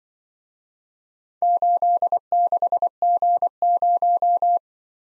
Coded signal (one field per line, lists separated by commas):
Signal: Morse code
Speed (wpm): 25 wpm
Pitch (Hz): 700 Hz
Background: none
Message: 86G0